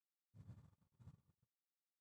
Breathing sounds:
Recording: one breath near a microphone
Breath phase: exhalation

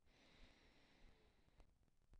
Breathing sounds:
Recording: one breath near a microphone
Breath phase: inhalation

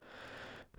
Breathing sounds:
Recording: one breath near a microphone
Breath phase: inhalation

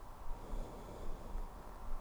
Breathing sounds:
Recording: one breath near a microphone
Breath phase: exhalation

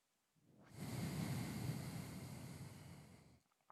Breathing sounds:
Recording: one breath near a microphone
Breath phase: exhalation

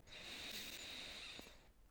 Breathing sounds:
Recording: one breath near a microphone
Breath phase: inhalation

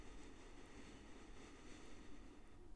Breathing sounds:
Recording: one breath near a microphone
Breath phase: inhalation

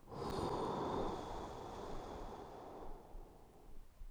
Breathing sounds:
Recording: one breath near a microphone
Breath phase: exhalation

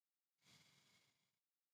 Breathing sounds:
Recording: one breath near a microphone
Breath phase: exhalation

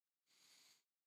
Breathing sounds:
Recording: one breath near a microphone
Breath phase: inhalation

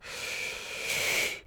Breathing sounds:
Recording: one breath near a microphone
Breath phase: inhalation

